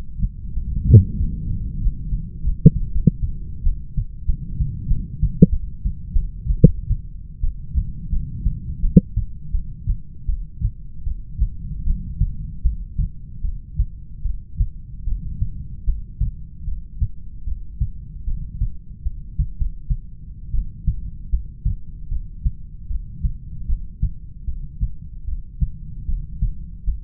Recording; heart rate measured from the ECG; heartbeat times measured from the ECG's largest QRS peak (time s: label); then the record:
heart sounds by stethoscope; 82 bpm
0.52 s: heartbeat
1.16 s: heartbeat
1.79 s: heartbeat
2.42 s: heartbeat
2.90 s: heartbeat
3.64 s: heartbeat
4.26 s: heartbeat
4.87 s: heartbeat
5.50 s: heartbeat
6.13 s: heartbeat
6.60 s: heartbeat
7.42 s: heartbeat
8.10 s: heartbeat
8.82 s: heartbeat
9.53 s: heartbeat
10.27 s: heartbeat
11.05 s: heartbeat
11.85 s: heartbeat
12.64 s: heartbeat
13.42 s: heartbeat
14.23 s: heartbeat
15.06 s: heartbeat
15.86 s: heartbeat
16.66 s: heartbeat
17.45 s: heartbeat
18.26 s: heartbeat
19.04 s: heartbeat
19.57 s: heartbeat
20.53 s: heartbeat
21.31 s: heartbeat
22.09 s: heartbeat
22.89 s: heartbeat
23.68 s: heartbeat
24.46 s: heartbeat
25.26 s: heartbeat
26.07 s: heartbeat
26.86 s: heartbeat
From the record:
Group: heart failure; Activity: breath hold 0-6 s, rest 6-27 s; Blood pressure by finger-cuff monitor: 77/50 mmHg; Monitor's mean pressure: 61 mmHg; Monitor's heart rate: 76 bpm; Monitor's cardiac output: 7.4 L/min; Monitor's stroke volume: 95 mL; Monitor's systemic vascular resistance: 570 dyn s/cm5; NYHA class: 1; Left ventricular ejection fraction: 39%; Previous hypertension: present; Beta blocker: carvedilol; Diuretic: furosemide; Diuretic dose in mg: 20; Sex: male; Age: 60 years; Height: 178 cm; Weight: 62 kg